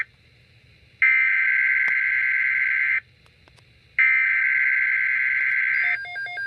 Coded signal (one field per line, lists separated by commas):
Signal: Emergency Alert System (SAME) tones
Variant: header bursts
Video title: Severe Thunderstorm Watch #473 (EAS #96)